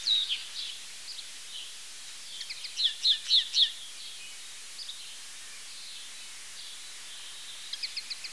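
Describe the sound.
Common linnet song: brief bursts of dry, chattering twitter notes at high pitch, the loudest cluster near the three-second mark, with steady background hiss throughout.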